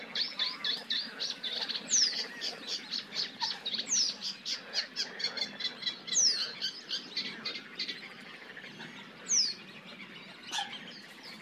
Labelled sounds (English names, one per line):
Red-necked Grebe call